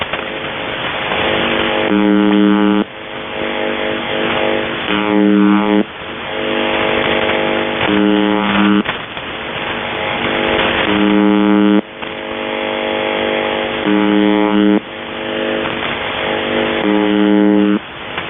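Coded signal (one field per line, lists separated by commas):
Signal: channel marker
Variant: UVB-76 (The Buzzer)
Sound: six short harsh low buzzes, about three seconds apart, over hissing radio noise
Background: radio static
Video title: UVB-76 morse code and full power mode turns on September 2th 2025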